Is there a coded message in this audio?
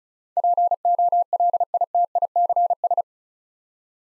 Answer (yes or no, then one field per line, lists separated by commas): yes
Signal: Morse code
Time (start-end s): 0.4-3.0 s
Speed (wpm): 34 wpm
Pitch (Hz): 700 Hz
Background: none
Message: POLITICS